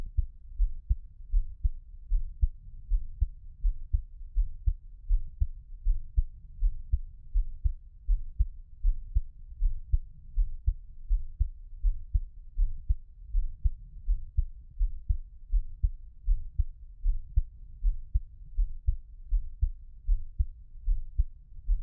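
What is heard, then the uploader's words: A heartbeat, muffled, thumps steadily for the whole stretch at a brisk, even pace of roughly two beats per second. Each beat is a deep, dull double thud with nothing above the low rumble and no other sounds around it. ASMR×黑3Dio. 獻上我的心跳 | Give my Heartbeat | NO Talking.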